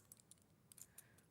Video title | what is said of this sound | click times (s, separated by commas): Sewing Street Live - 04/06/24 - Crafter's Companion With Becky Sworn | and it locks in place | 0.1 s, 0.3 s, 0.7 s